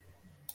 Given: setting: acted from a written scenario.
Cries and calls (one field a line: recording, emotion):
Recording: vocal sound without words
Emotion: romantic love